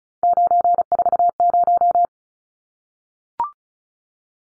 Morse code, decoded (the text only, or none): 940